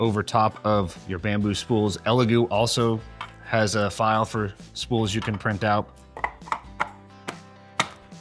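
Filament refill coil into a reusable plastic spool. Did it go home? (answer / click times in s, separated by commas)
yes / 7.8 s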